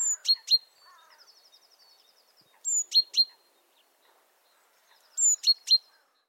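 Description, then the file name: Great tit calls, a thin high whistle and two sharp notes, given three times; after the first, a quick faint series of ticking notes. "Parus major"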